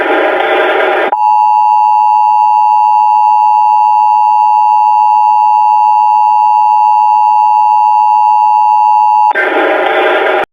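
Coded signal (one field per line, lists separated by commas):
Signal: Emergency Alert System (SAME) tones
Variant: 853 and 960 Hz attention tone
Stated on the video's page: Simulated EAS test mock made with phone and audio editing apps.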